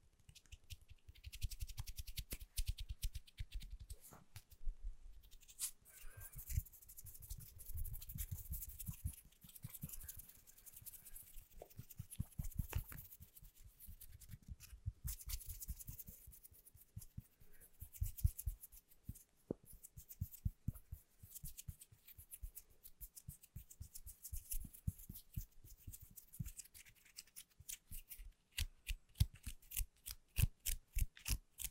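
Fingertips tap quickly and gently on Apple gadgets, keyboards and product boxes, making crisp clicky ticks in dense runs. Low thuds mix with bright sharp clicks, some rubbing and scratching passages between bursts, and a rapid even series of taps near the end.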